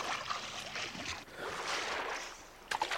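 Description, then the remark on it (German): Continuous watery swishing and sloshing of a person in swim trunks swimming across cold water toward a shore at night, with a burst of sharper splashes near the end and no voices. “Dann zog er sich bis auf die Badehose aus, glitt ins Wasser und schwamm zum Ufer hinüber, wo die Motorradrocker ein Lagerfeuer entzündet hatten.”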